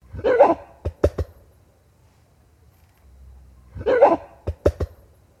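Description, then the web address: Gorilla gives a short hoarse bark, then a quick run of hollow chest-pounding thumps; the bark-and-pound sequence happens twice. A gorilla barking and pounding its chest. "SFXSource AOS Gorilla Bark Pound Chest"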